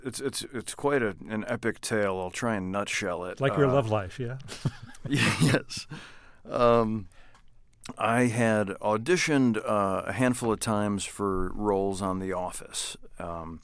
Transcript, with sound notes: It's quite an epic tale. I'll try and nutshell it.
Like your love life, yeah?
(LAUGHTER)
Yes. I had auditioned a handful of times for roles on "The Office."